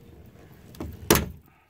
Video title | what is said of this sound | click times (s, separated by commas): Stuck Spare Tire Removal GM Truck / Silverado & Sierra (Secondary Safety Latch) - AnthonyJ350 | you hear that click. That helps the whole assembly. | 1.1 s